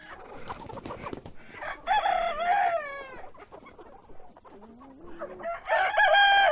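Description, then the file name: Chicken sounds: rapid clucking at first, then a rooster crow, quieter calls, and another crow to finish. Chickens on a chicken farm. "west wolf Chicken farm"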